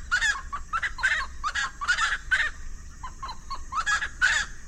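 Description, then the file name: Russet-naped wood rail producing a rhythmic series of loud, grating clucking notes, repeated quickly throughout. "Golosa ptic - Ryzheshapochnyj lesnoj pastushok Aramides albiventris"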